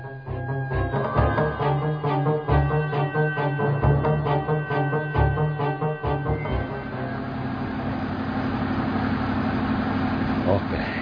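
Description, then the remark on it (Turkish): A truck engine rumbles along in a low, steady drone as Gerard drives the truck, with busy tonal sounds layered over it at first, then settling into a constant, even engine hum for the second half. “Sür şu kamyonu. İstediğin gibi sür.”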